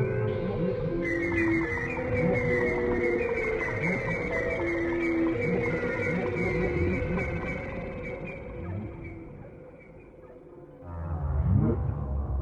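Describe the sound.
Whales singing in chorus: many overlapping whistled tones and sliding sweeps in the midrange, with a constant low rumble beneath.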